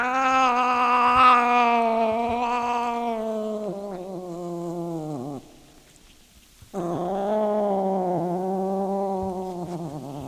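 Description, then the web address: Cat producing a long yowl that slowly falls in pitch and fades, then after a brief silence a second sustained, slightly wavering yowl. Pet cat named Sunshine. "sunshine the cat sunshine the cat-sounds of the cat"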